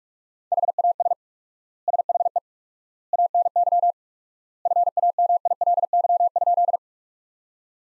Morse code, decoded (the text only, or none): HAS SHE ANY FAMILY?